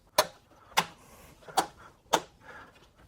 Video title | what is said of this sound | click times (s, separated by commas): Installing the OMEGA Dual Battery System in the Jeep Wrangler JL and Gladiator | and these will just snap in place. | 0.2 s, 2.1 s